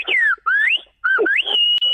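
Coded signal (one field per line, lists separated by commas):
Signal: whistled language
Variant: Silbo Gomero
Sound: clear whistled phrases gliding up and down, ending in a long steady high note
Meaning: Yes, tomorrow I go to Madrid, confirming by repeating the message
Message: si mañana voy a madrid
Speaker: esto sería si mañana voy a madrid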